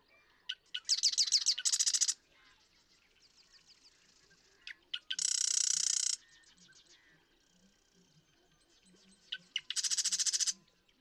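Marsh Wren song heard three times, each starting with scattered ticks and ending in a harsh, fast buzzing rattle, with faint twittering in the background.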